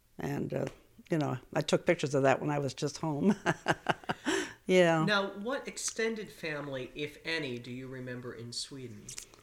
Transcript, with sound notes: And, you know, I took pictures of that when I was just home. (she laughs) Yeah. Now, what extended family, if any, do you remember in Sweden,